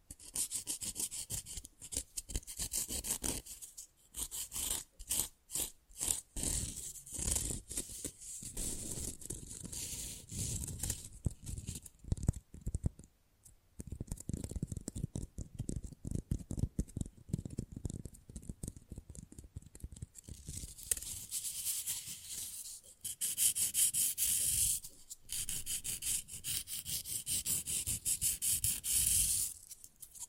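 Fast, rough nail filing in dense bursts of bright rasping strokes, broken by short pauses and clusters of quick tapping, with occasional brief silences.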